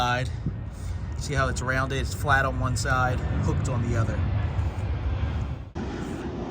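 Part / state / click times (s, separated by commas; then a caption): windshield wiper blade onto wiper arm hook / not seated / none. A windshield wiper blade adapter on a Toyota Highlander, rounded and hooked on one side and flat on the other, is turned to line up its rounded hook side and placed under the wiper arm hook while someone talks over a steady low rumble. The background shifts abruptly at about 5.7 seconds. Nothing has seated or clicked yet.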